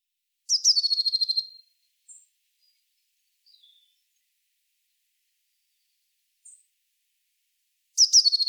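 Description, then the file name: Eurasian blue tit giving a fast, buzzy churring rattle of many pulses, a few brief high ticks, then the rattle starting again at the end. "Cyanistes caeruleus"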